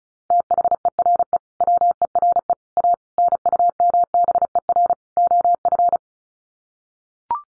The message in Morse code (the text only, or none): THERE WERE A NUMBER OF